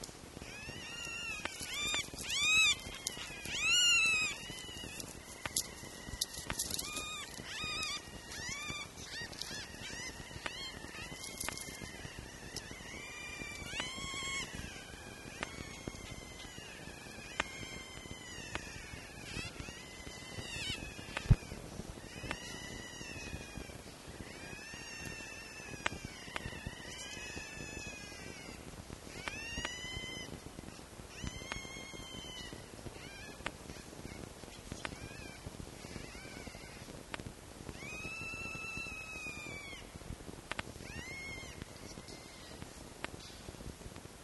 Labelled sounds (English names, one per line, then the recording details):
Red Fox
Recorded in captivity
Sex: diverse
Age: juvenile
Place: Zoologisches Institut der HUB, Berlin, DE
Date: 1955-04-22 12:30
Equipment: Elmetra
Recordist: Tembrock, Günter